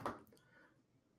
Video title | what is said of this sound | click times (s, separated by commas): How to install the LG Wifi module for HYV1 Mini Split systems | take the module drop it in and slide it down pops right in your set and you're ready to go | 0.1 s